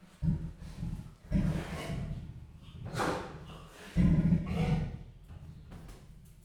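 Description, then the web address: Leopard uttering breathy, rasping grunts in uneven bursts, some louder and harsher, over a low continuous rumble. Captive leopard at a zoo in Jászberény, Hungary, 2015; the call becomes slightly louder. "jaszberenyizoo 2015 professzionalis leopard"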